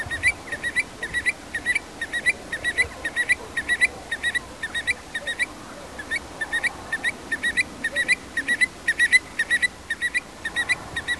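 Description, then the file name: Eurasian stone-curlew calls: a fast, steady series of sharp whistled notes, roughly two per second, continuing throughout over quiet background noise. "occhione"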